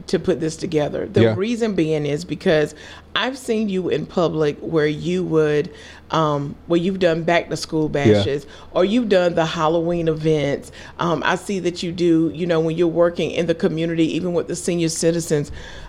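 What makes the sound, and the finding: Adult woman speaking. Typical speech.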